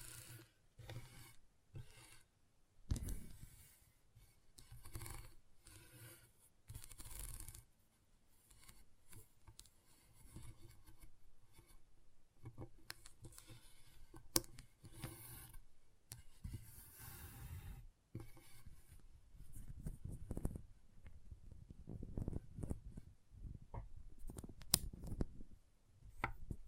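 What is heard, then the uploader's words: Magnetic tingles: a run of close rubbing, rasping and scratching sounds that start and stop in short bursts, some brief, some stretching a second or two. The texture is gritty and bright, with a low thudding rumble swelling under it near 20 and 24 seconds. ASMR Intense Magnetic Tingles (No Talking).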